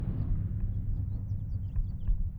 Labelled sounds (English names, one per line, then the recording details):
House Finch song
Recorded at Oak Beach on Long Island, New York, on 20 May 1975
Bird A